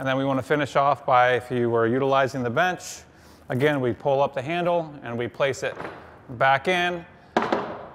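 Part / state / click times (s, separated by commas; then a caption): wheeled weight bench into its locking position on a training rack / seated / 7.4 s. Someone talks while lifting the handle of a wheeled weight bench and setting it back into its locking position on a Keiser training rack. A loud thunk at 7.4 s, followed by a smaller thud, marks the bench locking into place in the rack.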